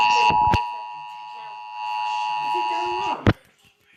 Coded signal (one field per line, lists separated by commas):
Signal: Emergency Alert System (SAME) tones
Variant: 853 and 960 Hz attention tone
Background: speech